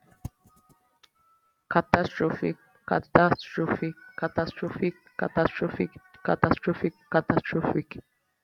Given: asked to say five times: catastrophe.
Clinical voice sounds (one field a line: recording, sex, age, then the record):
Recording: repeated word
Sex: female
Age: 20 to 29 years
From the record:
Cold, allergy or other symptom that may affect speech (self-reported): no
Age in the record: 25 years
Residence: California, United States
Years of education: 16